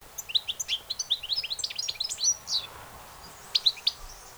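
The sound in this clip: Finch song: a rapid chattering string of bright, liquid high notes with short slurred whistles, then a brief gap and a few final chirps.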